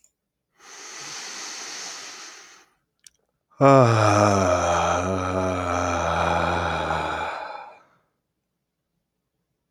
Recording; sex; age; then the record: vowel held as long as possible; male; 20 to 29 years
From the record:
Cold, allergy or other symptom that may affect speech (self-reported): no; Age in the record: 24 years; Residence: New Jersey, United States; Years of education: 16